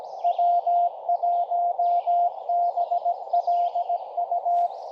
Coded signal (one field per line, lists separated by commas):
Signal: Morse code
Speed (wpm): 23 wpm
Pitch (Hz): 700 Hz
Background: none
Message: W1BLU